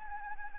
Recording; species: mosquito wingbeat signal from an infrared sensor; Anopheles gambiae